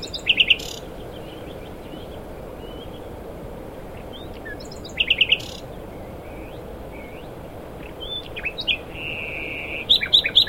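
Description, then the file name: Common nightingale song in separate phrases every few seconds: brief rapid rattles of high notes, scattered chirps, and a sustained whistled note near nine seconds, over constant hiss. "Luscinia megarhynchos"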